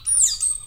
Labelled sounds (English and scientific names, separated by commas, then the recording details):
Stitchbird (Notiomystis cincta) song
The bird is a male
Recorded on Tiritiri Matangi Island, New Zealand, in 2005
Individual 11, of nest box 13